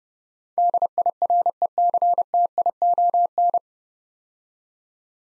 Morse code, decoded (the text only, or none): DIRECTION